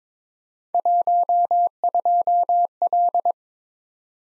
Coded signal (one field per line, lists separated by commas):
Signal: Morse code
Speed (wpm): 22 wpm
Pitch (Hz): 700 Hz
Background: none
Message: 12L